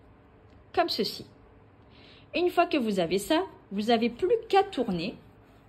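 Someone talks while handling the rotating die of a badge press for a 25 mm mini badge, with the image and clear cover already placed in the die, ready to be turned until it clicks into position. Only speech with short quiet pauses is heard. Nothing has seated or clicked yet.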